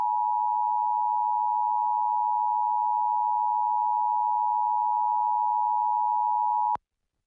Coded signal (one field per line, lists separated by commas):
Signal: Emergency Alert System (SAME) tones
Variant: 853 and 960 Hz attention tone